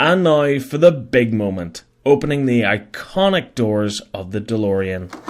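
Someone talks while getting ready to raise the gull-wing door of a 1/6 scale Hot Toys DeLorean replica model car, which sits on a ratchet hinge. The door is only being handled, and nothing has seated or clicked yet.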